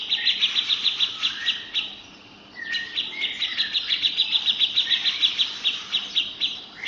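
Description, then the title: Grey-cheeked bulbul uttering quick, steady chattering notes, high-pitched and repeated several times a second, with one short gap early on. "Cucak Jenggot"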